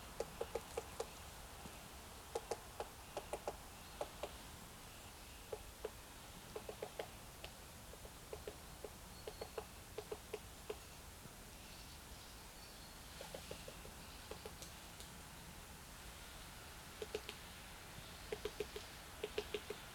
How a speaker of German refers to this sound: Der Specht sitzt über mir am Baum.